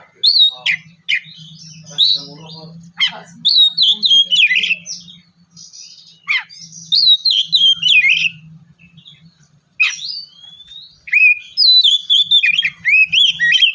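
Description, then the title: Oriental magpie-robin singing loud, varied whistled phrases with sharp downslurs, pausing briefly between bursts over a faint low hum. "kacer"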